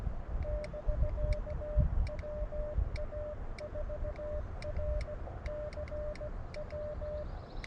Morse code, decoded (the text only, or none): <BK> WA4RCW